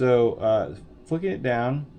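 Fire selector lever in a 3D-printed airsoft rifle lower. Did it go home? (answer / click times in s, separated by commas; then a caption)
no / none. Someone talks while flicking the 3D-printed safety/fire selector lever down on the printed lower of an airsoft M4 rifle. No distinct click is heard, and the lever has not snapped into its detent yet.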